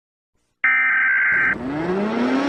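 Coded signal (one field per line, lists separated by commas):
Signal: Emergency Alert System (SAME) tones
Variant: header bursts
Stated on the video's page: Fictional EAS scenario.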